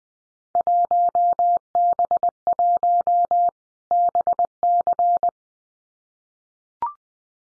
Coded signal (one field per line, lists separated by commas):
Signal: Morse code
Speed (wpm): 20 wpm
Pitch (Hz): 700 Hz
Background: none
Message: 1B1 BC